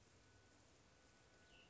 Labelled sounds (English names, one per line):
Cassin's Vireo